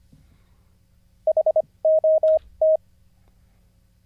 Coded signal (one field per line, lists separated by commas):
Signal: Morse code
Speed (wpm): 23 wpm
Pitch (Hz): 630 Hz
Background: none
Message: HOT